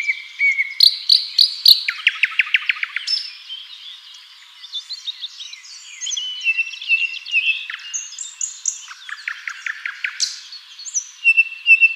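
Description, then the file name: Common nightingale song: rapid buzzy repeated note series alternating with high whistles and varied chirps, loud bursts at the start and end, quieter twittering between. "Luscinia megarhynchos"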